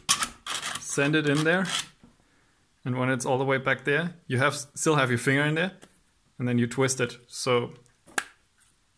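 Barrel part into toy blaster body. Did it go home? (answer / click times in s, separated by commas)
yes / 8.2 s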